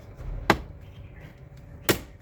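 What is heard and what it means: An instrument switch panel on a Kia Sportage is aligned and pressed into the dashboard opening. Two sharp snaps are heard at 0.5 and 1.9 seconds, and the panel is fully seated.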